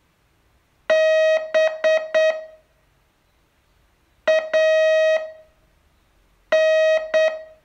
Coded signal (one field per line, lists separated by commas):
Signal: Morse code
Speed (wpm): 8 wpm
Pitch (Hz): 630 Hz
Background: none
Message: B A N